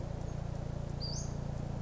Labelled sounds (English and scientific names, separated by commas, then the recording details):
Western Flycatcher (Empidonax difficilis)
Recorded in Sonoma County, California